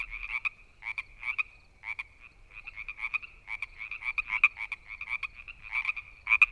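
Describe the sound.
Frog calling in short pulsed bursts, rapid clicking croaks over a steady whining tone, repeated in irregular clusters.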